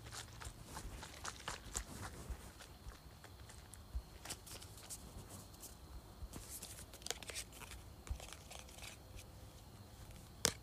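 A perfume bottle is tapped, scratched and shaken at close range, producing a steady stream of small, bright clicks and rasping scrapes every fraction of a second. A low rumble and faint hum sit underneath, and a sharper tap stands out near the end.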